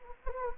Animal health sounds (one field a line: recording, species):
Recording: mosquito wingbeat signal from an infrared sensor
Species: Anopheles gambiae